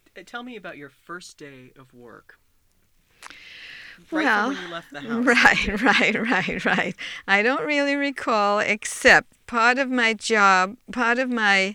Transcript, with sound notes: Tell me about your first day of work.
Well...
Right from when you left the house.
Right. (she laughs) Right, right, right. I don't really recall except part of my job, part of my